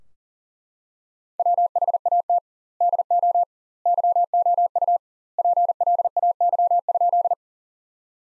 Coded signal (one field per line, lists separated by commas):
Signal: Morse code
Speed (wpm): 40 wpm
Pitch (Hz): 700 Hz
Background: none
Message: WHAT DO YOU PLAY?